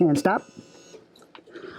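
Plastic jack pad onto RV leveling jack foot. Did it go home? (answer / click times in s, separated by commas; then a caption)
partly / 1.2 s, 1.4 s. A motorhome's hydraulic leveling jack foot is lowered onto a plastic snap-on jack pad while someone talks, followed by a faint steady whine. Small clicks come at 1.2 s and 1.4 s. The pad snaps on only partly, not all the way into place, because that side of the ground has more give.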